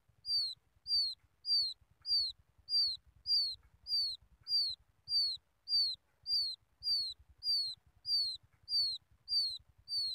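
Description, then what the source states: Quail chick peeping: a clear, high whistled note that slides downward, repeated steadily about every 0.6 seconds. Quail chick calling its mother.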